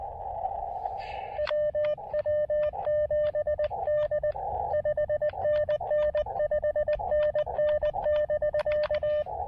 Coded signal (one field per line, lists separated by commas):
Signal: Morse code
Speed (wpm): 22 wpm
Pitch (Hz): 610 Hz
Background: radio noise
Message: WW7D 5NN 5NN <BK>